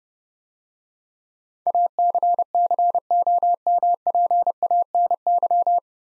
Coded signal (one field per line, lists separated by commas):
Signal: Morse code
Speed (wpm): 30 wpm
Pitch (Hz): 700 Hz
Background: none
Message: ACCOMPANY